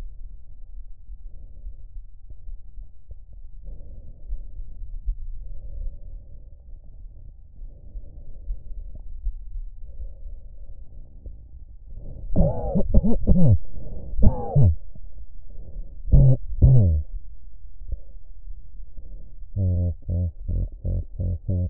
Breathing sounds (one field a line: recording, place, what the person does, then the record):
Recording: lung sounds by stethoscope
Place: right anterior apical chest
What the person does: quiet breathing, then cough and speech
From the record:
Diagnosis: none (healthy)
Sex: male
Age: 34 years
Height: 174 cm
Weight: 93 kg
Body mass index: 30.7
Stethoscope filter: extended mode